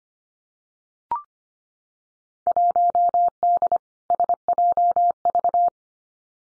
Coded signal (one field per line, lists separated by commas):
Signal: Morse code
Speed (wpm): 25 wpm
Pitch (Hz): 700 Hz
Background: none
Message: 1D SJV